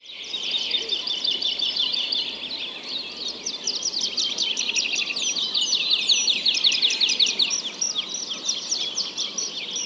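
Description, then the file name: Birds, many singing together in overlapping rapid high chirps and trills that continue without pause. "Digiffects Sound Effects Library - Many Birds Singing"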